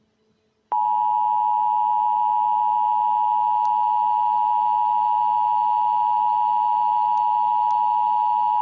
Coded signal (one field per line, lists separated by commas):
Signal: Emergency Alert System (SAME) tones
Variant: 853 and 960 Hz attention tone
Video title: The Hawaii wedge An EAS Scenario part 1